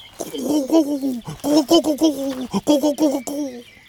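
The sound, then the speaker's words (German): A human voice mimics a game bird's call as a hunting trick, giving three bursts of quick, wavering, warbling hoots at a mid pitch, moderately loud, with short pauses between the bursts. “Du machst den Ruf des Wildes nach.”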